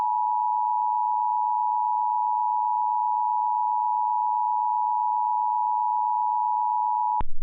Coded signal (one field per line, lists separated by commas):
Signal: Emergency Alert System (SAME) tones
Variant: 853 and 960 Hz attention tone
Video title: EAS Remake: Severe Storms In New Mexico.